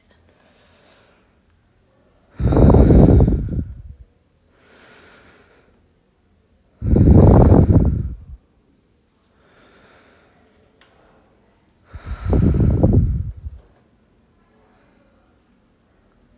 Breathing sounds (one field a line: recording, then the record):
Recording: deep breathing after running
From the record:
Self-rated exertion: light exertion (2 of 6)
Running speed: 6 miles an hour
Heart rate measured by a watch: 127 beats a minute at the start, 125 at the end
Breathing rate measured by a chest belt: 15 breaths a minute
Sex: male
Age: 23 years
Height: 172 cm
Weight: 64 kg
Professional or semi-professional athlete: yes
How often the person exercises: 3 to 5 times a week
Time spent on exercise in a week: 2 to 3 hours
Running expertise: no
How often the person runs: 1 to 2 times a week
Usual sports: running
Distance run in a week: 15 km